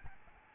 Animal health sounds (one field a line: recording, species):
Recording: mosquito wingbeat signal from an infrared sensor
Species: Aedes albopictus